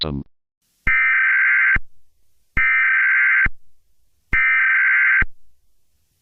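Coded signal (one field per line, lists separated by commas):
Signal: Emergency Alert System (SAME) tones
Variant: header bursts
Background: speech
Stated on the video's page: Fictional EAS scenario set in Grand Theft Auto locations, made with Wondershare Filmora.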